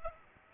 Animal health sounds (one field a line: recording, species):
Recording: mosquito wingbeat signal from an infrared sensor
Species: Aedes aegypti